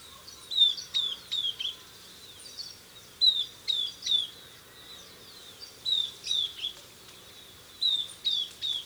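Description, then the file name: Southern beardless tyrannulet calling in clusters of two or three high, thin falling whistles separated by short pauses, over steady faint hiss. "Camptostoma obsoletum - Southern Beardless Tyrannulet"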